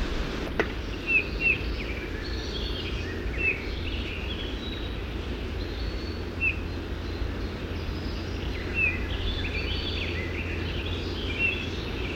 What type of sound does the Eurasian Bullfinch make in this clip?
song